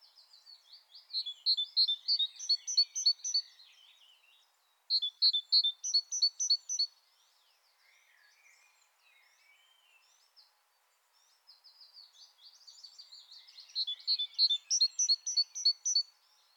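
Great tit singing bright, high two-note phrases repeated rapidly in three bursts, with pauses between them and faint chirps in the background.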